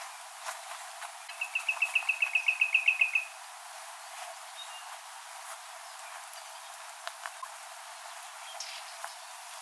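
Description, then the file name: Common nightingale song: one quick, even trill of many sharp notes rising in loudness, then near silence with faint clicks. "Luscinia megarhynchos"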